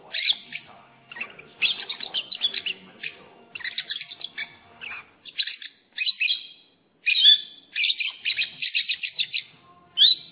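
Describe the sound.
Lovebird twittering in dense chirp bursts, a short silence midway, then loud rapid shrill chirps resume.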